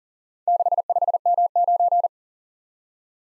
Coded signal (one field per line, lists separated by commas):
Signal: Morse code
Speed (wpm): 47 wpm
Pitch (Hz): 700 Hz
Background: none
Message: 65M9